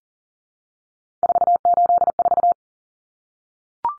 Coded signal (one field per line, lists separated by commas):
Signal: Morse code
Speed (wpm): 40 wpm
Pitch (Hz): 700 Hz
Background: none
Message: 484